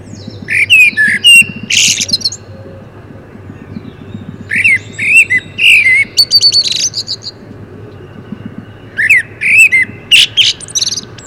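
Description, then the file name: Common blackbird song: three bursts of low fluted warbling mixed with high squeaky twittering. "Turdus merula"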